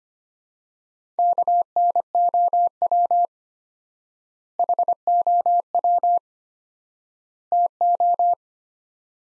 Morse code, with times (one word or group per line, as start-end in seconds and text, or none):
1.2-3.3 KNOW
4.6-6.2 HOW
7.5-8.3 TO